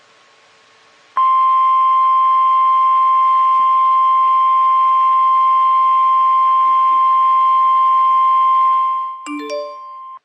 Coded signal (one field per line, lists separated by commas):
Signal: Emergency Alert System (SAME) tones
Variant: 1050 Hz attention tone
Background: music